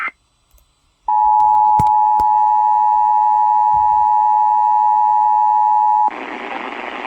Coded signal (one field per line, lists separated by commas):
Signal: Emergency Alert System (SAME) tones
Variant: 853 and 960 Hz attention tone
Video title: MARINE WARNING SPAM.... (EAS Alerts from 8/7-9/22) (EAS # 1295-1331)